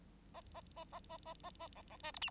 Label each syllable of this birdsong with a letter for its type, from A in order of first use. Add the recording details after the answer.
A A A A A A A A B B C D E. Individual Bird9